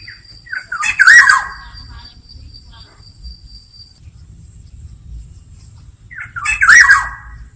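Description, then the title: Black-naped oriole repeats a coarse, buzzy squawk with a looping whistled note twice, about six seconds apart, separated by near silence over a faint high electronic tone. Black-naped oriole in active full song in the 'ngeplong' style, recorded as a training and therapy track for birdkeepers. "KEPODANG EMAS GACOR NGEPLONG I TERAPI"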